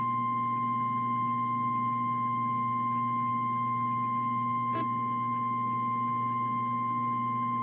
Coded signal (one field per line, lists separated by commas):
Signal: Emergency Alert System (SAME) tones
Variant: 1050 Hz attention tone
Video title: EAS alarm flood warning memories of phantasm